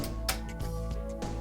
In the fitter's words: the laser cannon is very easy you just push a projectile into the end and it locks with an audible click